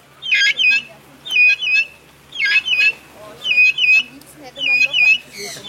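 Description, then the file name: Vulturine guineafowl calling with five rasping, metallic double squawks in a series, ending with a rougher squawk. "canto da pintada vulturina"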